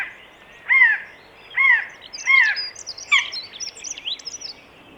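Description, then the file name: Eurasian jay calls: clear arched notes repeated roughly every second, four in a row, then high chirping. "Garrulus glandarius"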